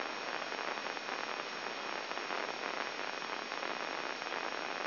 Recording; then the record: brain microelectrode recording played as sound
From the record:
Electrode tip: inside the subthalamic nucleus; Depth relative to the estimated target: -2 mm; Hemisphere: left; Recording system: AlphaMap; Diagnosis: Parkinson's disease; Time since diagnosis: 7 years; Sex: male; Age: 59 years